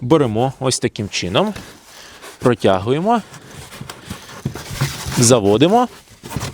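A tab on an original false-floor panel is threaded and guided toward its slot in the side trim of an Opel Astra H hatchback trunk, hard plastic against plastic trim. Someone talks throughout, with light handling noises and a brief knock at 3.9 s. Nothing has seated or clicked yet.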